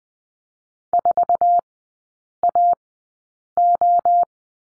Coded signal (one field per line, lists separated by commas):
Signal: Morse code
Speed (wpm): 20 wpm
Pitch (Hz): 700 Hz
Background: none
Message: 4AO